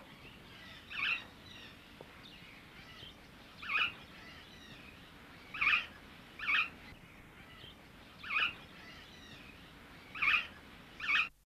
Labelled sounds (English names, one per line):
Superb Parrot call